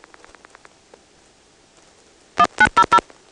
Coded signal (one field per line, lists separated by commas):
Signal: DTMF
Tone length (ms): 70 ms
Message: 1900